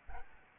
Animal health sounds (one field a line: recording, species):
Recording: mosquito wingbeat signal from an infrared sensor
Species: Aedes albopictus